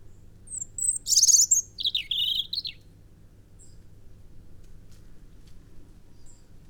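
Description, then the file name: European robin song: a loud, tumbling phrase of very high tinkling notes followed by lower wavering warbles, then quiet with faint background hiss. "Erithacus rubecula"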